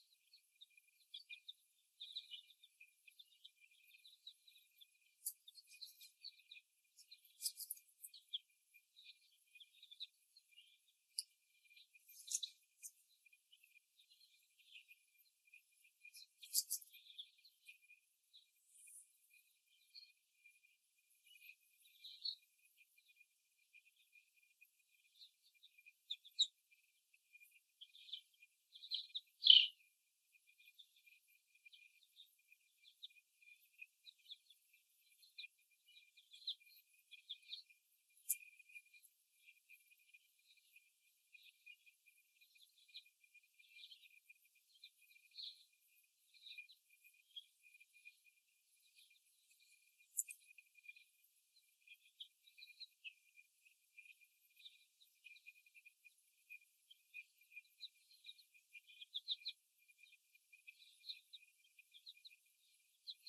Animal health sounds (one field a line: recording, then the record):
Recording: young laying hens in a cage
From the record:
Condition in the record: after the stressor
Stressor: simulated dog barking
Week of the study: 1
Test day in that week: 1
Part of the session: 2